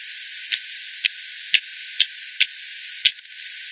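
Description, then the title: A bat gives single clicks about every half second against steady hiss, ending with a quick cluster of three. Several bats at Hogsmill Lane by the Hogsmill River, 7 October 2020 at 18:10; bat detector recording using frequency division by ten, bandpass filtered and resampled. "WW bat 20201007 T 18 : 10 Z-Hogsmill-Lane-Hogsmill-River-multiple-bats"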